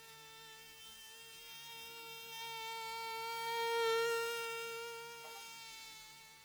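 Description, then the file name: Mosquito whining with a steady, thin, high hum that swells louder toward the middle and fades again. "warattetoshikoshi mosquito"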